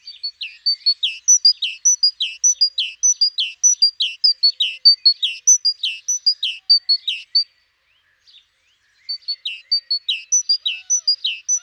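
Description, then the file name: Great tit giving a rapid run of short chirping notes, each a high tick followed by a dropping element, repeated nearly twice a second, with a brief pause before resuming. "Parus major"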